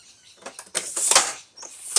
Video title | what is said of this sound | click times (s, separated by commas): Replacing the High-Tech 16x trolley handle (Crashed into Window) | And it locks in place at the bottom. | 2.0 s